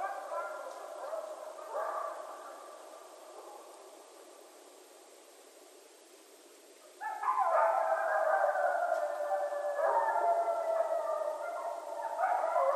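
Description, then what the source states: Coyotes howling in a group, wavering tones with stacked harmonics; the chorus fades midway, then bursts back louder and more tangled with overlapping wails. Several coyotes recorded at night on 14 January 2012.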